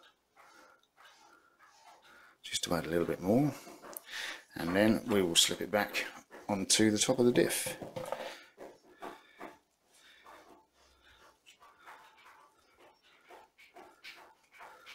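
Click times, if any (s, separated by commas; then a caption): none. The re-greased plastic differential cover of an RC car is handled over its differential housing, ready to be slipped back onto the top of the diff and pushed down. Someone talks through most of the clip, with faint handling noises before and after. Nothing has seated or clicked yet; the clip ends just before the cover goes home.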